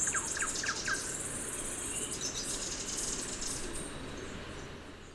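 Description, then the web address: Ashy-throated bush-tanager calling, a high, thin sizzling trill lasting a few seconds over steady background hiss, with a few lower chirps near the start. Recorded in Ecuador. "Natures Songs S America Birds of Ecuador. Ashy-Throated Bush-Tanager"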